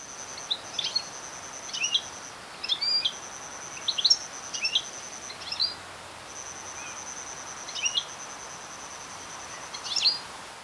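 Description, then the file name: European goldfinch giving bright, tinkling twittered calls in short clusters every few seconds, over an intermittent thin high whine. "Carduelis carduelis"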